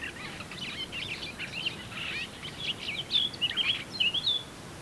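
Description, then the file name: Eurasian blackcap song opening with a scratchy, muttered warble, then several louder, clear fluting whistled phrases near the end, against faint background noise. "Sylvia atricapilla"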